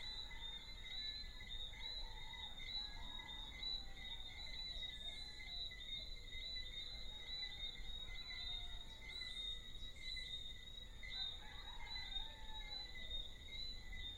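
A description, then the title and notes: Small frogs call in a dense, unbroken chorus of high, even trills that hold steady at several pitches for the whole stretch. A low, constant rumble sits underneath, and faint wavering calls rise briefly near the start and again around the eleventh second. Deshaies, Guadeloupe. Soundscape with small frogs and roosters.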